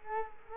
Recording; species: mosquito wingbeat signal from an infrared sensor; Culex quinquefasciatus